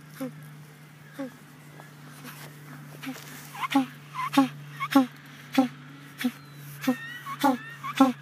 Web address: suono prolungato in cui il pinguino occhialuto emette suoni spheniscus demersus